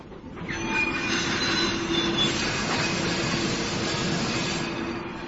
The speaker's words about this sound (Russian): Вдруг вагон качнуло, тошнотворно заскрежетали тормоза.